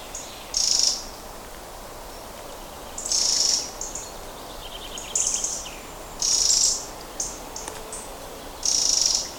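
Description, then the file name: Eurasian wren calling with several hard, high, buzzy rattles, interspersed with softer short notes. "Troglodytes troglodytes"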